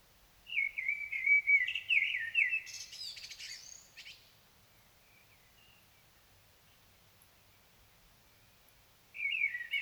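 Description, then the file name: Common blackbird song: a flowing fluted warble with a scratchy high ending, a long pause, then the next phrase begins. "Turdus merula"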